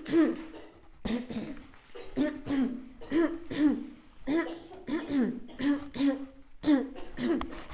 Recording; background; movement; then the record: throat clearing; a bystander coughing; walking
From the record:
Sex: female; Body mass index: 21.8 kg/m2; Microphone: on the chest, facing outward